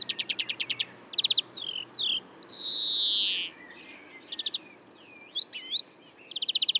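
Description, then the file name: European greenfinch song: rapid trills and twitters around a long, drawn-out wheezy buzz in the middle, then more twittering and a closing trill. "Chloris chloris"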